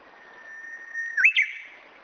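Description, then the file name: Japanese bush warbler song: a long, steady whistled note that ends in a quick, sharp two-part flourish. "uguisu"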